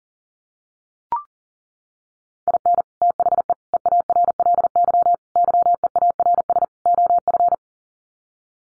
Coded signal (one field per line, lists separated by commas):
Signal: Morse code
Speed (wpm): 40 wpm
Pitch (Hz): 700 Hz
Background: none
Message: IN THE EARLY YEARS OF